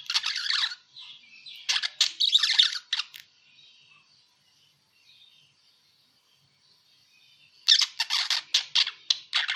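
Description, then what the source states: Parakeet chatter in two clusters of sharp chirps and squawks, separated by a long quiet stretch with only a faint thin twitter. Lure sound used for catching birds.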